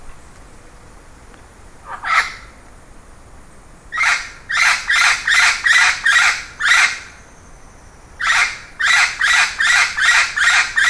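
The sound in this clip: Bird uttering a short rasping note, then two rapid runs of about seven and six harsh calls each, delivered roughly two or three per second.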